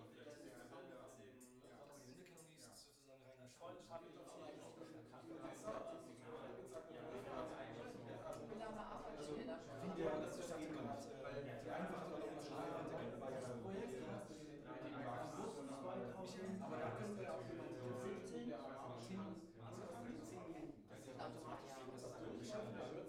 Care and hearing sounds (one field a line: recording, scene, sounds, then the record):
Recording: everyday scene through a hearing-aid microphone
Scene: many people talking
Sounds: many voices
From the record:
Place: bistro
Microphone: behind the ear, left, front